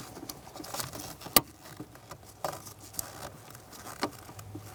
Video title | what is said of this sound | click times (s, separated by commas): How to Replace Brake Light Switch 1988-1999 GMC K1500 | Be sure it clicks into place. | 1.4 s